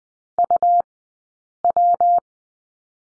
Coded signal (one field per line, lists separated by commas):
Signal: Morse code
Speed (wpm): 20 wpm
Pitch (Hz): 700 Hz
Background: none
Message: UW